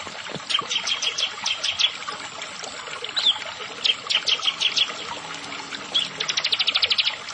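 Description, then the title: Prinia song: sharp high chirps followed by quick rattling runs of clipped notes, ending in a fast even trill near the close. "Ciblek Sawah"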